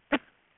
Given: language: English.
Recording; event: throat vibration sensor signal played as sound; cough